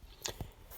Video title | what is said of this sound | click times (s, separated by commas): How To Replace The Radiator On A Mercedes G500 | And once you get them all lined up, you just push it down until it locks into place. | 0.3 s